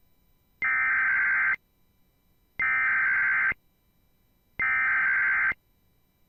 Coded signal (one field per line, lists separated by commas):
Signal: Emergency Alert System (SAME) tones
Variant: header bursts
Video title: Tornado warning (radar indicated )￼ (Eas 51)